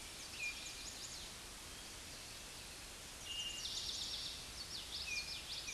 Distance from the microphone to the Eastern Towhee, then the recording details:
about 20 m. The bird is about 5 m above the microphone. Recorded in a Pennsylvania forest on 16 May 2024 at 06:39. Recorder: AudioMoth, point MSD-1307. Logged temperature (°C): 16.6 °C. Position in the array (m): 203 m, 141 m